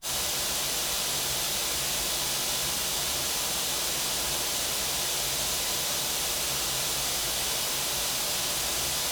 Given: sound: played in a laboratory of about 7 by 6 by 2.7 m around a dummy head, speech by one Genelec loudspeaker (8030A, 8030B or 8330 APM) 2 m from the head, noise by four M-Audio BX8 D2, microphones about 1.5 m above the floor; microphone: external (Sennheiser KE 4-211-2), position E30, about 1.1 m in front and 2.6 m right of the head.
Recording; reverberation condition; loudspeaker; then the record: white noise; medium; four, about 170 cm from the corners of the room and facing them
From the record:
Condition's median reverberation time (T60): about 510 ms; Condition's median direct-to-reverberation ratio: about -0.5 dB